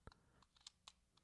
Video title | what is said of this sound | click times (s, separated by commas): 110 Film Photography! Baby Diana 110 Camera! | here's the back of it you would take your 110 film cartridge and it just just snaps right in | 0.7 s, 0.9 s